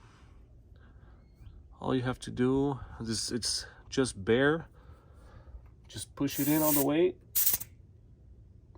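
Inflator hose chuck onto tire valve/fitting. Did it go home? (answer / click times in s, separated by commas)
no / none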